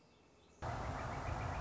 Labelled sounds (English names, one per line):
Northern Flicker